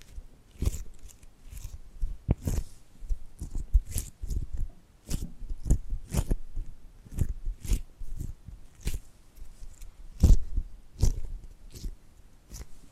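Tapping and gripping sounds come as a steady run of short, crisp clicks and taps, roughly every half second to a second across the whole clip. Each tap has a bright, sharp edge over a soft, low thud, with faint rustling handling noise between them.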